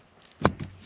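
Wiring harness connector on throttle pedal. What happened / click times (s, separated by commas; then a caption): The plastic connector popped free of its socket / 0.5 s. The tab on the plastic factory wiring harness connector of a Toyota Tundra TRD Pro's throttle pedal is pressed, and the connector is pulled off the pedal. Faint ticks come first, then a sharp pop at 0.5 s and a softer knock at 0.6 s. The connector releases and comes off the pedal.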